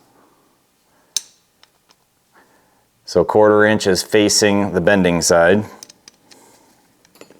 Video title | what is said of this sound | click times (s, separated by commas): Uncommon Tool 108 | they've they've got a little dimple here and a little nipple there and they lock into place | 1.2 s